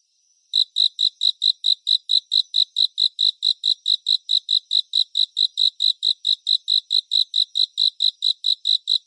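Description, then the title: Cricket singing continuous, evenly spaced high chirps after a brief silent start. "蟋蟀演唱会"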